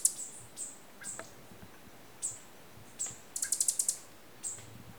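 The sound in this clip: Green honeycreeper giving very high, thin, sharp call notes, single chips and a quick burst of rapid ticking notes, spaced irregularly over a faint background hiss.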